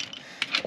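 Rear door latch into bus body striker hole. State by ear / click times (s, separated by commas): not seated / none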